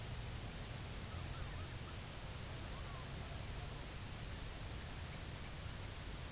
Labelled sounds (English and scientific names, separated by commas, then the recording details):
Greater White-fronted Goose (Anser albifrons), unidentified sound
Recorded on Arctic tundra, site UTQI-2, on 16 June 2019
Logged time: 10:00